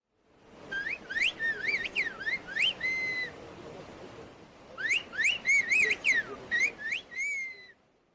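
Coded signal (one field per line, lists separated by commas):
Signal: whistled language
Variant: Turkish kuş dili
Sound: loud gliding whistled phrases rising and falling in pitch, two bursts with pause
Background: faint background noise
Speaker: a whistled language is a highly developed method of communication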